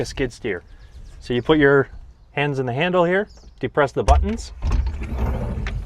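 Someone talks while gripping the handles of the glass front window latch on a mini excavator cab and pressing the release buttons, followed by a mechanical rustle from the window. The window is being handled but has not yet latched open overhead; nothing has seated or clicked yet.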